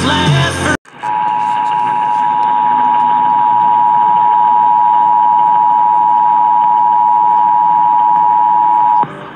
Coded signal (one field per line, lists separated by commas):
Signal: Emergency Alert System (SAME) tones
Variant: 853 and 960 Hz attention tone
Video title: Pennsylvania Required Monthly Tests (6/17/21)(EAS 746-752)